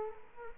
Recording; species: mosquito wingbeat signal from an infrared sensor; Culex quinquefasciatus